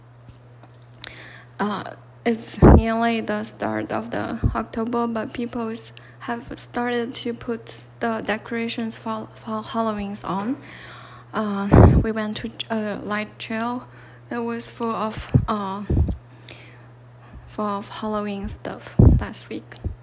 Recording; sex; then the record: free speech after running; female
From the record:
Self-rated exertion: light exertion (2 of 6); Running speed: 5 miles an hour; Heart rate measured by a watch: 98 beats a minute at the start, 99 at the end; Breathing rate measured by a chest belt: 13 breaths a minute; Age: 30 years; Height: 160 cm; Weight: 51 kg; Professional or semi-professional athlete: no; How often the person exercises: 3 to 5 times a week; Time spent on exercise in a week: over 5 hours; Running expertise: no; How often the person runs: 3 to 5 times a week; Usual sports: running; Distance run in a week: 60 km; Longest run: 42 km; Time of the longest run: 267 minutes